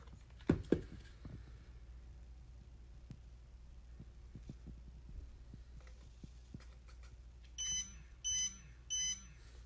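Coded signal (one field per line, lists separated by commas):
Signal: beep code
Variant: microprocessor prosthetic knee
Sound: a few handling clicks, then three short, scratchy, buzzy beeps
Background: handling clicks, quiet room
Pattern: 3 short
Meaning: Three beeps warn that the knee is faulty or close to failing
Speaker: yeah one two three so not only is it three beeps but it's kind of like scratchy sounding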